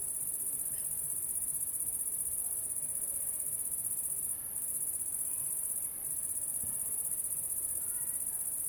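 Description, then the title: Cricket song: a steady, very high continuous trill running the whole time, with a couple of brief dips in intensity and faint low rustling underneath. Recorded at La Sablière, Saint-Privat-de-Champclos, France, with a Zoom H6 and M/S microphone. "30430 Saint-Privat-de-Champclos, France - cricket la sabliére"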